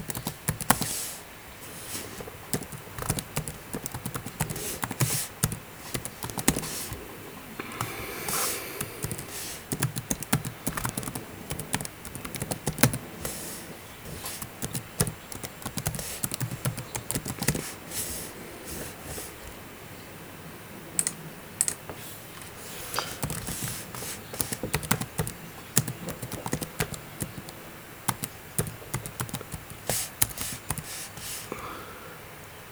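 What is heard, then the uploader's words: Keyboard keys click in a steady, fast stream of sharp taps for the whole half minute, with brief pauses near 20 seconds and around 26 seconds. The strokes are crisp and bright, some landing harder than others, over a faint low hum. Keyboard clicking ASMR.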